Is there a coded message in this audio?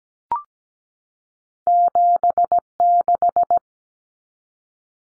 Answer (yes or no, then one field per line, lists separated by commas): yes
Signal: Morse code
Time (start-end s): 1.7-3.6 s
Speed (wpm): 17 wpm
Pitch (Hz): 700 Hz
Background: none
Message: 76